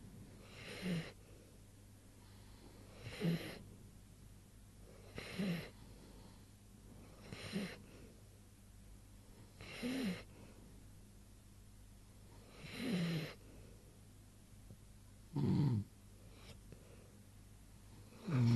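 Eight snorting snore bursts over about 18 seconds, roughly 20 breaths a minute, irregularly spaced, from Morris, a sleeping animal.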